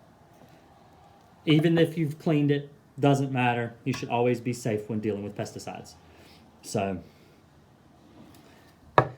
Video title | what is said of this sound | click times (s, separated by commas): A Spray-Jockey's Guide to Exterminating - How to Change a Check Valve in a B&G | we go and it pops right in place just like that | 9.0 s